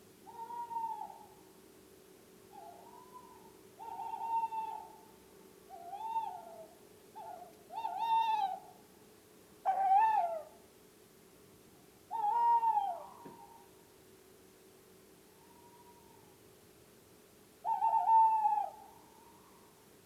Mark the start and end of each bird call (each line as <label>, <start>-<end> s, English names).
Tawny Owl, 0.24-1.12 s
Tawny Owl, 2.50-3.43 s
Tawny Owl, 3.76-4.81 s
Tawny Owl, 5.63-6.78 s
Tawny Owl, 7.11-8.72 s
Tawny Owl, 9.61-10.65 s
Tawny Owl, 12.07-13.40 s
Tawny Owl, 15.31-16.35 s
Tawny Owl, 17.61-18.87 s